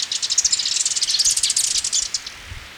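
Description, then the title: Black-crested warbler song: a fast, high series of sharp chips running together into a trill, fading out after about two seconds. "Myiothlypis Nigrocristata"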